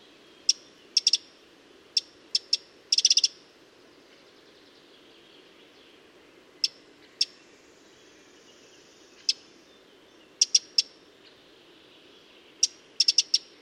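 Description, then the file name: Eurasian wren with scattered dry tick calls and a brief dense burst early, then sparser clicks with gaps of several seconds, over low hiss. "Troglodytes troglodytes"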